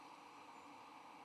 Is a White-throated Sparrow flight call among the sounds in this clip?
no